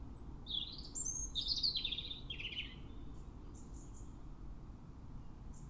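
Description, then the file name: European robin song, a sparkling, high warbled phrase that tumbles downward over two seconds, then faint high notes trailing off. "Erithacus rubecula"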